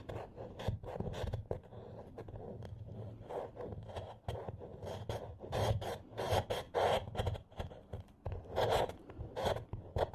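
Candle wax is scraped off in quick, repeated strokes, each a rough, raspy scratch with a bright edge. The scraping is dense and fairly regular, coming roughly every half second, with louder bursts after six seconds and a low rumble underneath.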